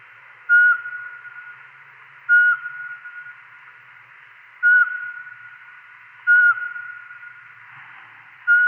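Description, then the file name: Eurasian pygmy owl giving single clear, mellow whistled notes, five in total at uneven gaps of about two seconds, each fading into a faint ringing tail. "Spurveugle"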